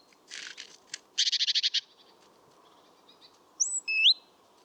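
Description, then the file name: Great tit calls: a scratchy burst, then a fast harsh rattle of about seven notes, followed by high whistled notes that slide up and down, with a soft hum behind. "Parus major"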